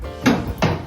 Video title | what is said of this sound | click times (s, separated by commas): “Auto Scrubber Maintenance Made Simple @mrjeffthecustodian | locked in place | 0.3 s, 0.6 s